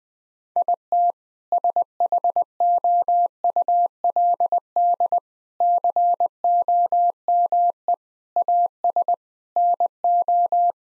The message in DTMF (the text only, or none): none